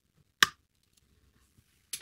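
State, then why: Seated. A plastic nacelle part of a 1:1000 scale starship model kit, the U.S.S. Constellation, is pressed onto the hull and clicks into place fairly easily. A sharp, bright click comes at 0.4 s, followed by quiet faint handling, then another sharper noise near 1.9 s. The nacelle is seated.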